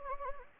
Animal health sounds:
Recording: mosquito wingbeat signal from an infrared sensor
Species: Anopheles gambiae

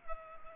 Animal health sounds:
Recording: mosquito wingbeat signal from an infrared sensor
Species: Culex pipiens

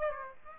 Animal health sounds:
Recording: mosquito wingbeat signal from an infrared sensor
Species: Aedes aegypti

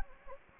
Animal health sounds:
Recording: mosquito wingbeat signal from an infrared sensor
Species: Anopheles gambiae

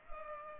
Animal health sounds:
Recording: mosquito wingbeat signal from an infrared sensor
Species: Culex pipiens

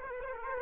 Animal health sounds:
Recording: mosquito wingbeat signal from an infrared sensor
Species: Aedes aegypti

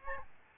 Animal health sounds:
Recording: mosquito wingbeat signal from an infrared sensor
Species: Aedes albopictus

